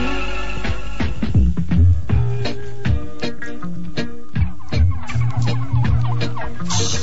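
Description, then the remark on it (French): A flock of turkeys clucks and chatters steadily, with short overlapping calls and sharp pecking clicks as they are fed. “Oh, docteur, oh, c'est la meilleure fois que vous nourrissez vos dindons depuis que je vous regarde.”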